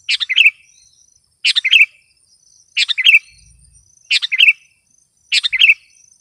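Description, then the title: Sooty-headed bulbul singing five short chirpy phrases in steady succession, with a thin high hiss behind. "kutilang"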